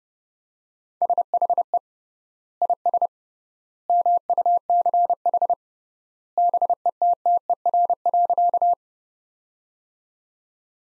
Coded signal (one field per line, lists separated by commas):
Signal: Morse code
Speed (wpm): 29 wpm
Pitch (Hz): 700 Hz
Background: none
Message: SHE IS MUCH BETTER.